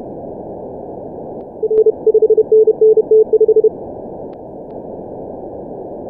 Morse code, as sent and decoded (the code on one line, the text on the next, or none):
.-. / ..... -. -. - .....
R 5NNT5